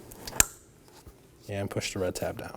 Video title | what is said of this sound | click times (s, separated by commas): How to Replace A/C Condenser and Receiver Drier Assembly 2018-2024 Chevrolet Equinox 1.5L L4 | Slide it over in place. Make sure you hear that click. | 0.4 s